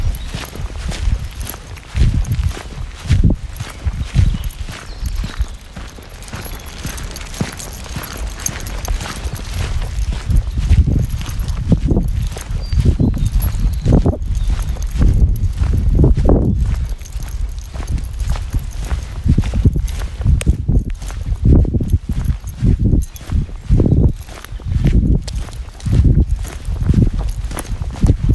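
A walk in the woods with a dog, footsteps crunching in a steady, fairly regular rhythm throughout, low and thudding with a dry rustle on top. The pace stays even across the half minute, and a faint voice may surface briefly.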